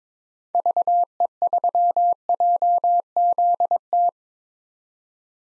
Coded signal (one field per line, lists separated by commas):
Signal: Morse code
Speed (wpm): 22 wpm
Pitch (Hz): 700 Hz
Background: none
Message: VE3JZT